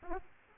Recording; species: mosquito wingbeat signal from an infrared sensor; Aedes aegypti